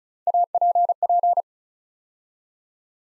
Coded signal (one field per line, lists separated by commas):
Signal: Morse code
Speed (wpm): 34 wpm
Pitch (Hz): 700 Hz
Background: none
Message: APP